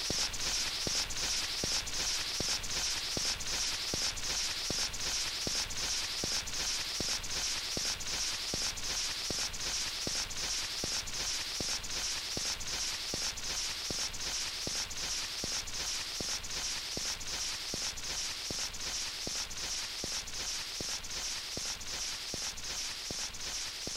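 Static from an old 78 rpm shellac record: a steady bright hiss with regular sharp clicks repeating about twice each second throughout.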